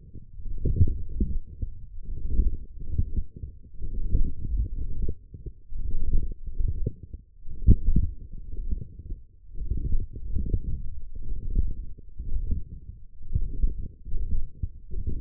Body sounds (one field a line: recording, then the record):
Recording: forearm muscle sounds (acoustic myography)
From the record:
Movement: forearm pronation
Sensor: system 1, eight BSWA MPA416 microphones around the upper forearm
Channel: 3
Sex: male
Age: 23 years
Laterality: right